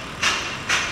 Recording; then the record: background sound without coughing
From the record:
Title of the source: 30 MINUTES Construction Site Ambience (CC BY 4.0)